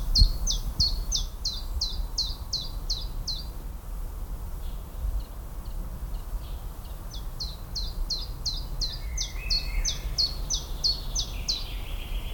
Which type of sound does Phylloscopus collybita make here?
song